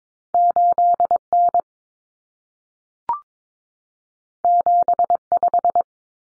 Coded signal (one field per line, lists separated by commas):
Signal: Morse code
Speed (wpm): 22 wpm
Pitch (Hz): 700 Hz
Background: none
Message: 8N 75